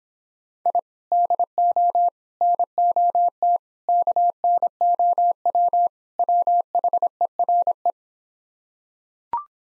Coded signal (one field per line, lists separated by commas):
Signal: Morse code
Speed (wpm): 26 wpm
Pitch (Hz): 700 Hz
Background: none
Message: I DO NOT KNOW WHERE